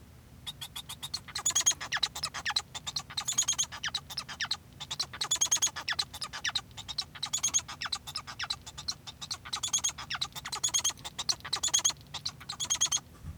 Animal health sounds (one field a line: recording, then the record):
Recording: song of a male Bengalese finch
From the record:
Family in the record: son of father 1